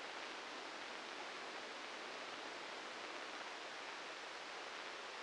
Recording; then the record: brain microelectrode recording played as sound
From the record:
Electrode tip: outside the subthalamic nucleus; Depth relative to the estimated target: -2 mm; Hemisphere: left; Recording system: NeuroSet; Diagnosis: Parkinson's disease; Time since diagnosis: 13 years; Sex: male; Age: 63 years